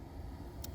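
A halogen low beam bulb's twist-lock base is turned counterclockwise about a quarter turn in the plastic projector headlight housing of a 2016-2020 Hyundai Tucson so it can be removed. A low steady rumble runs under the turn, and a sharp bright snap at 0.6 s marks the base releasing from the housing before it is pulled straight back.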